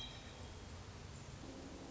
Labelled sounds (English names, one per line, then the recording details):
Hermit Thrush
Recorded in Sonoma County, California